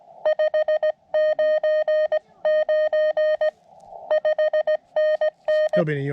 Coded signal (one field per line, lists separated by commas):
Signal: Morse code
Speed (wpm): 20 wpm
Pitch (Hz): 620 Hz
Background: speech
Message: 599 5NN